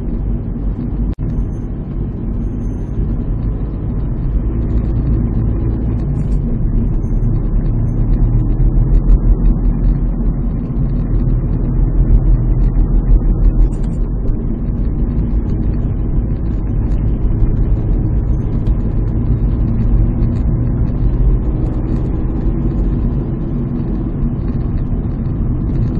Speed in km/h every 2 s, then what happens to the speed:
38, 37, 39, 41, 45, 44, 43, 39, 40, 43, 46, 50, 48.
3-8 speeds up to 45. 8-15 slows to 39. 15-21 speeds up to 50.